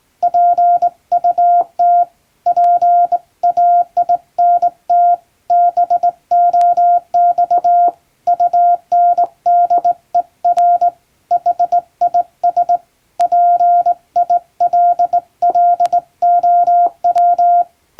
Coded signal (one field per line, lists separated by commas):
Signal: Morse code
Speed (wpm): 20 wpm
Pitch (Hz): 700 Hz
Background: none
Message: PUT PAINT BOX UNDER HIS PILLOW